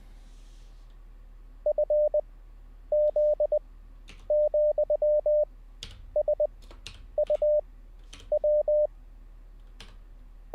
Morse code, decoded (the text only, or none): FZ,SUW